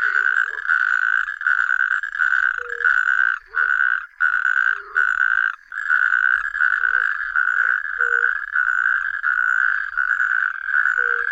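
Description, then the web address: Natterjack toad calling with loud, rattling trills, each lasting about half a second to a second, repeated almost without pause, with faint lower chirps in the background. "Tajemnice puszczy Ropucha piaskówka"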